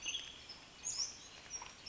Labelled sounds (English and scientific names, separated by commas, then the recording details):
Western Tanager (Piranga ludoviciana)
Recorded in Sonoma County, California